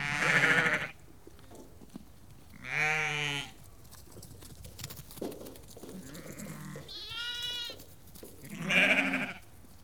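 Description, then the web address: Sheep bleating, separate wavering bleats from several animals, low and high-pitched, with short quieter spells between them. About 30 to 50 ewes and lambs calling. "The BBC Sound Effects Library Livestock About 30-50 Ewes and Lambs Calling"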